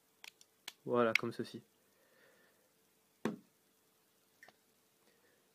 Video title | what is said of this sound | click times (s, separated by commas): changer les lames d'un rasoir électrique - Entretenir son rasoir | bien qu' a le petit clic | 0.7 s